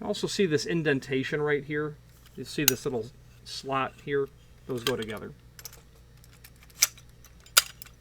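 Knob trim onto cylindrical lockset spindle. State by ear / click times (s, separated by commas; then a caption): seated / 7.6 s. Someone talks while lining up the indentation on the metal knob trim of an Ultra Hardware 44236 Standard Duty Commercial Cylindrical Ball Lockset with the slot, then pushes the trim onto the cylindrical lockset spindle. After a few faint taps and a sharp knock near 6.8 s, the trim clicks home at 7.6 s and is seated.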